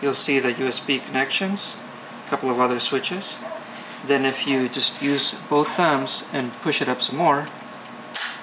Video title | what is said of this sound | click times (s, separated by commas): Adding a Display Screen to a Phanteks Evolv Shift XT | you'll hear the click | 8.2 s